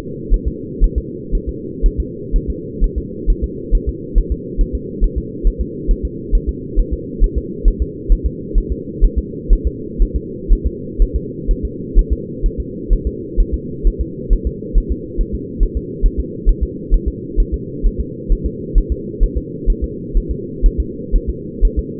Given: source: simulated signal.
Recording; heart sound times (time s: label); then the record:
fetal heart sounds
0.34 s: S1
0.48 s: S2
0.84 s: S1
0.98 s: S2
1.35 s: S1
1.49 s: S2
1.86 s: S1
2.00 s: S2
2.36 s: S1
2.50 s: S2
2.84 s: S1
2.98 s: S2
3.30 s: S1
3.44 s: S2
3.75 s: S1
3.89 s: S2
4.18 s: S1
4.32 s: S2
4.61 s: S1
4.75 s: S2
5.04 s: S1
5.18 s: S2
5.47 s: S1
5.61 s: S2
5.91 s: S1
6.05 s: S2
6.35 s: S1
6.49 s: S2
6.79 s: S1
6.93 s: S2
7.24 s: S1
7.38 s: S2
7.68 s: S1
7.82 s: S2
8.12 s: S1
8.26 s: S2
8.58 s: S1
8.72 s: S2
9.04 s: S1
9.19 s: S2
9.53 s: S1
9.67 s: S2
10.02 s: S1
10.16 s: S2
10.52 s: S1
10.66 s: S2
11.02 s: S1
11.16 s: S2
11.51 s: S1
11.65 s: S2
11.99 s: S1
12.13 s: S2
12.46 s: S1
12.60 s: S2
12.93 s: S1
13.07 s: S2
13.40 s: S1
13.54 s: S2
13.87 s: S1
14.01 s: S2
14.33 s: S1
14.47 s: S2
14.78 s: S1
14.92 s: S2
15.21 s: S1
15.35 s: S2
15.63 s: S1
15.77 s: S2
16.06 s: S1
16.20 s: S2
16.49 s: S1
16.63 s: S2
16.94 s: S1
17.08 s: S2
17.40 s: S1
17.54 s: S2
17.86 s: S1
18.00 s: S2
18.32 s: S1
18.46 s: S2
18.78 s: S1
18.92 s: S2
19.23 s: S1
19.38 s: S2
19.70 s: S1
19.84 s: S2
20.17 s: S1
20.31 s: S2
20.66 s: S1
20.80 s: S2
21.15 s: S1
21.29 s: S2
21.65 s: S1
21.79 s: S2
From the record:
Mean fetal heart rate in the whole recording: 130 bpm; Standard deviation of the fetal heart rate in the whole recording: 4 bpm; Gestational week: 38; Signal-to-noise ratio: -4.1 dB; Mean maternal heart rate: no maternal heart sound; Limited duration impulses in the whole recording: absent